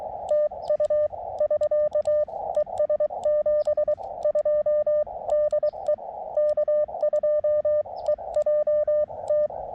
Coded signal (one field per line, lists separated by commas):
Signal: Morse code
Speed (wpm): 23 wpm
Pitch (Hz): 600 Hz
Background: radio noise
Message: TU <SK> ES 72 DE K2EJT